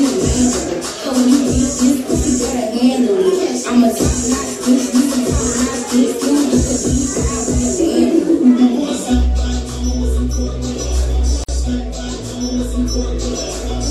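Lively sounds fill Central 111: a dense, steady murmur of many voices with scattered clatter and short knocks through the first eight seconds. After about nine seconds a low, even hum takes over beneath the chatter, and a single sharp click lands near the eleven-and-a-half-second mark.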